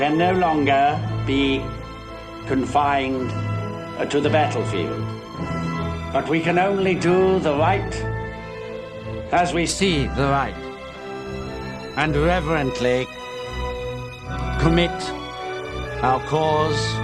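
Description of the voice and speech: Slow, halting male speech with long pauses and stretched sounds over orchestral music; an acted portrayal of stuttering, voicing King George VI, who has a stutter and copes with it with the help of a speech therapist.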